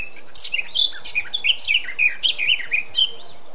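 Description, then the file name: Eurasian blackcap song: a rapid run of rich warbling notes, fluty and swooping, delivered in a continuous phrase. "Sylvia atricapilla"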